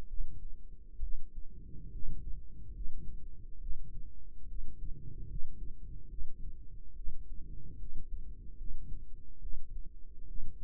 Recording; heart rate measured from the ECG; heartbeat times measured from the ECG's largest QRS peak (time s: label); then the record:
heart sounds by microphone in the right ear; 71 bpm
0.07 s: heartbeat
1.00 s: heartbeat
1.90 s: heartbeat
2.72 s: heartbeat
3.58 s: heartbeat
4.46 s: heartbeat
5.26 s: heartbeat
6.07 s: heartbeat
6.94 s: heartbeat
7.77 s: heartbeat
8.56 s: heartbeat
9.40 s: heartbeat
10.25 s: heartbeat
From the record:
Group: healthy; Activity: rest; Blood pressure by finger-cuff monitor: 125/68 mmHg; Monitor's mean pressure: 88 mmHg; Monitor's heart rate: 71 bpm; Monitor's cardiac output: 6.8 L/min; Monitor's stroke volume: 96 mL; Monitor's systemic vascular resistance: 960 dyn s/cm5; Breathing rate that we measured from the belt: 20 breaths a minute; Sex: female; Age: 22 years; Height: 154 cm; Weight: 58.7 kg